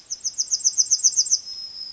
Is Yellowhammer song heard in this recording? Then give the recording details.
yes. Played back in forest. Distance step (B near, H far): C. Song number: 014